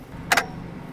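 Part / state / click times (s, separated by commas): bike rack front wheel clamp knob on a truck-mounted bike rack / torque reached / 0.3 s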